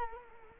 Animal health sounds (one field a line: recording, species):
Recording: mosquito wingbeat signal from an infrared sensor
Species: Culex quinquefasciatus